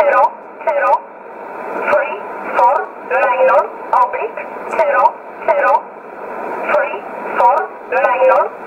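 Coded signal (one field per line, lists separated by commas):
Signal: numbers station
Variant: E11, English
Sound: a voice reading about 14 short, evenly spaced words over shortwave radio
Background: radio static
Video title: 20 05 2020 E11 Oblique Numbers station in English 0746 on 15720 unknown tx site in USB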